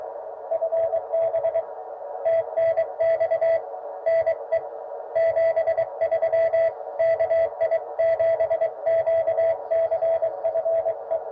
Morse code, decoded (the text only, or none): FB TNX NE 73 KI7QCF E